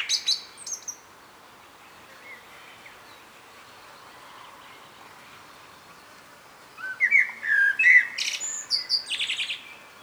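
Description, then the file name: Common blackbird song: a brief high squeak at the start, a long quiet stretch, then a full phrase of rich whistles ending in thin twittering notes. "Turdus merula"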